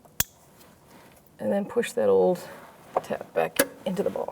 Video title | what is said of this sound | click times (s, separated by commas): How to Replace ABS Wheel Speed Sensor 2009-2014 Nissan Maxima | line up the tab and squeeze till it clicks | 0.2 s